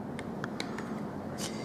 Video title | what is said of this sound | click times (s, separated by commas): วิธีอัพเกรด แรม Macbook pro mid2012 จาก 4GB เป็น 16GB (ภาษาไทย) | ปึ๊บอ่าเสียงได้ยินเสียงใช่มยครับดังแก๊ป | 0.4 s, 0.6 s